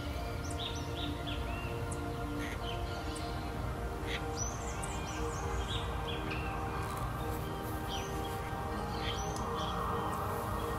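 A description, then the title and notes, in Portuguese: Bird chirps and short tweets scatter through the whole clip, bright and frequent, over a steady low rumbling wash and sustained humming tones that hold level throughout. The loudness stays even, with no pauses or build. Breve meditação maior parte música para meditar com som de pássaros.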